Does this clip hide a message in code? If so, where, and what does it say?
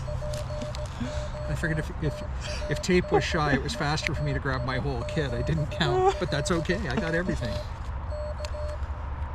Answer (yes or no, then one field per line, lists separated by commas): yes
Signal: Morse code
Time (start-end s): 0.1-8.8 s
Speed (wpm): 17 wpm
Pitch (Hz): 600 Hz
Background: speech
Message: POTA DE AI7LK K